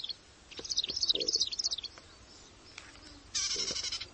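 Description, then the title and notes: Plain prinia calling: two bursts of rapid, high, thin chirping notes separated by a pause. "Prenjak Sawah. Suara Burung Prenjak"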